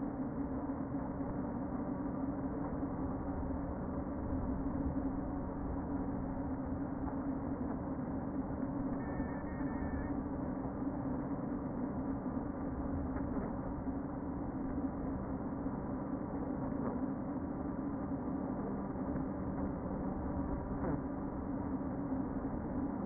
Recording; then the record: honeybee colony, microphone inside the hive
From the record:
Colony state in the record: queen present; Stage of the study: before two queens were removed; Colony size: about 60,000 bees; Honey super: yes